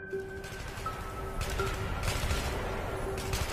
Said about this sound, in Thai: เสียงปืนยังคงดังอุตลุดราวป่าแตกอยู่สักพักก็เงียบไป